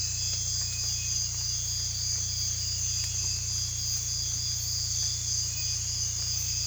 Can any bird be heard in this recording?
no